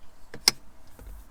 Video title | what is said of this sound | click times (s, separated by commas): Installing New interior upgrades! | And that snaps back in. | 0.5 s